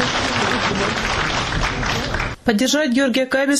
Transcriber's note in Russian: аплодисменты